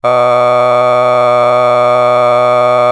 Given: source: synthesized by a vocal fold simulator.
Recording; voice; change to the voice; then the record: sustained vowel; male; a random mix of aspiration noise, stiffness perturbation and strain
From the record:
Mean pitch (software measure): 123 Hz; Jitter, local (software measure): 1.12%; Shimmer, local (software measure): 4.9%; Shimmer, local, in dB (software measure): 0.43 dB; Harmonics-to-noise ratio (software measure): 16.6 dB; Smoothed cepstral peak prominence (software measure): 19.4 dB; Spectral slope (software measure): -14.9 dB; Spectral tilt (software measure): -10.4 dB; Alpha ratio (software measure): -5.3 dB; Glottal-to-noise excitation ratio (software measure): 0.985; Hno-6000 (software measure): 2.1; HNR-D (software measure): 28.3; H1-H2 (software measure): 1.7 dB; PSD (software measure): 9.9e-05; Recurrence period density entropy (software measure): 0.110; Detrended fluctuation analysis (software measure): 0.0319